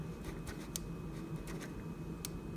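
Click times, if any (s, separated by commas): 0.8 s, 2.2 s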